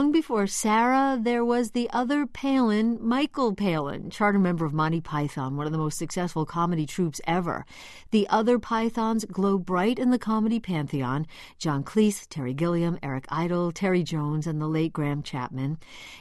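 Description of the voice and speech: One adult woman, a radio presenter, speaks clearly and fluently in a steady broadcast style, with natural pitch movement and only brief pauses between phrases. Articulation is crisp and voice quality clear, with no stuttering, slurring or hoarseness: ordinary speech.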